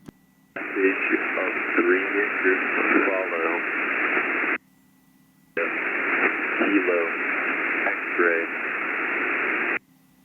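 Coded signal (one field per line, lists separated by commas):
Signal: coded military voice message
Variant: Skymaster format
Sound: two bursts of a single voice reading coded groups through heavy shortwave static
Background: radio static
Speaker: they're using that same format as these high priority nuclear codes, but they're not using the same call signs. So let me just play this for you. And what stands out is the message of three groups.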